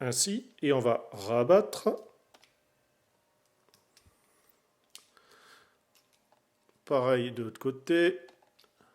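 Someone talks while folding the other side of a plastic transforming robot toy, with small plastic clips on the folded section meant to lock the part in place. Between the speech come faint, short handling ticks and clicks, the sharpest near 5.0 s, and then the talking resumes. Nothing has seated or clicked home yet.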